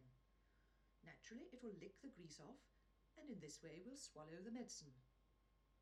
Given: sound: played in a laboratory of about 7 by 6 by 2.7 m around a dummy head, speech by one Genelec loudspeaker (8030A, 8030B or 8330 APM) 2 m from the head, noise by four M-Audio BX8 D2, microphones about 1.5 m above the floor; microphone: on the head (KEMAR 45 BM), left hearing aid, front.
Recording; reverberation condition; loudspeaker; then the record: female speech in English; low; in front (0 degrees)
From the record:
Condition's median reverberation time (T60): about 310 ms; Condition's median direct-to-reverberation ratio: about 3.5 dB